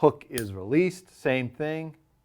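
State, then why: Not seated. Someone talks while handling the hook latch of a STAN Axis thumb-trigger archery release after a second firing, with the hook released and loose before the thumb barrel is touched to reset it. Nothing has seated or clicked yet in this 2.3-second clip.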